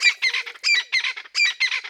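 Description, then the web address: Crested francolin calling with harsh, grating, rattling notes in quick rhythmic bursts, the phrase repeated several times. At dawn. "Google Sounds Sound Matters. Crested francolin"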